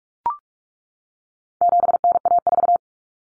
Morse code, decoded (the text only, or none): 7NA4